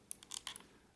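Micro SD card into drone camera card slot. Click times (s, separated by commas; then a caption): 0.1 s. A micro SD card is pushed into the card slot of a W609-10 HD Mini HexCopter drone's small camera module, with the writing facing the craft on top. A sharp click at 0.1 s marks the card latching and seating. Several fainter, quick ticks and rattles follow through about 0.6 s.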